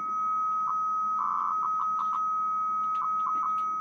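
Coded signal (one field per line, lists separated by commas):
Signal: 300-baud modem data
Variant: 300 baud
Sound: steady high tone interrupted by one longer and about eight short warbling data bursts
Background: faint room hum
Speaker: if I type listen that is the communication Sam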